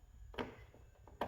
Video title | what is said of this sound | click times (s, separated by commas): Unity Performance Side Marker Lights - Rear Clip Tab Pull Method | clip on. There you go. First click and second | 1.2 s